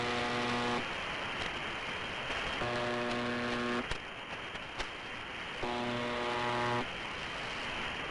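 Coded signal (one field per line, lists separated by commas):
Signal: channel marker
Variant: UVB-76 (The Buzzer)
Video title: More MDZhB-UVB-76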